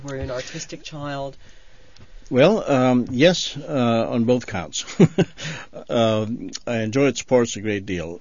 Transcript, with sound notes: Were you an artistic child?
Well, um, yes on both accounts. (he laughs) I enjoyed sports a great deal.